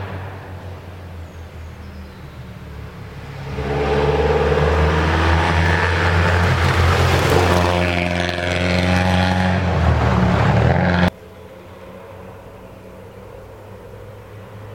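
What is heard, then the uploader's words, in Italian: A rally car passes through the Pigelleto nature reserve, its engine swelling from a low steady hum into a loud, revving roar between about four and eleven seconds. The sound cuts off abruptly near eleven seconds, leaving a quieter low rumble behind. Rally nella Riserva Naturale del Pigelleto. Video testimonianza dell'attraversamento della Riserva Naturale del Pigelleto ( Piancastagnaio - SI ) del Rally della Val D'Orcia.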